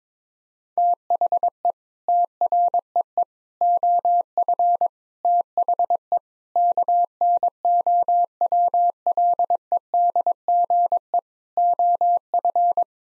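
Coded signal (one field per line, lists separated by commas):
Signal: Morse code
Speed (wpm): 22 wpm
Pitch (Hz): 700 Hz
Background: none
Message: THE TREE OF THE KNOWLEDGE OF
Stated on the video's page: Morse code practice at 22 wpm: sets of nine-word groups for head-copy, each sent in Morse, spoken, then sent again.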